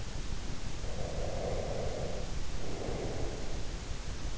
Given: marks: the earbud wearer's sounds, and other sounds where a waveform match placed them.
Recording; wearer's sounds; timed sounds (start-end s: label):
sounds in sleep by an in-ear microphone; breath
0.86-3.69 s: breath